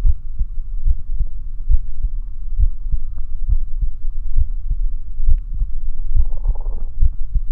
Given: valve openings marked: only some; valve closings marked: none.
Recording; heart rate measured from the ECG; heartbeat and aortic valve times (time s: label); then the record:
heart sounds by stethoscope; 69 bpm
0.08 s: heartbeat (ECG mark)
0.14 s: aortic valve opens (echo mark)
0.89 s: heartbeat (ECG mark)
0.96 s: aortic valve opens (echo mark)
1.73 s: heartbeat (ECG mark)
1.78 s: aortic valve opens (echo mark)
2.62 s: heartbeat (ECG mark)
2.67 s: aortic valve opens (echo mark)
3.51 s: heartbeat (ECG mark)
3.57 s: aortic valve opens (echo mark)
4.40 s: heartbeat (ECG mark)
4.45 s: aortic valve opens (echo mark)
5.30 s: heartbeat (ECG mark)
5.36 s: aortic valve opens (echo mark)
6.18 s: heartbeat (ECG mark)
6.24 s: aortic valve opens (echo mark)
7.04 s: heartbeat (ECG mark)
From the record:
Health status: healthy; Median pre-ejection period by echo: 56 ms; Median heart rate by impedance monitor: 68 bpm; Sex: male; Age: 40 years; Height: 179 cm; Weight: 76 kg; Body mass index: 23.72